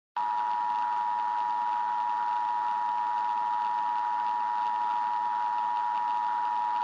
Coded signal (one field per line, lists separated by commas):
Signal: Emergency Alert System (SAME) tones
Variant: 853 and 960 Hz attention tone